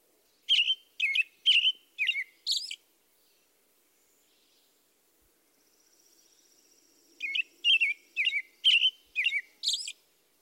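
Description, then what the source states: American Robin song in two bouts of repeated caroling phrases, with a quiet pause between and a faint high thin tone in the background. Classic primary song: consistently repeated sounds forming a pattern; primary song is given on the nesting territory.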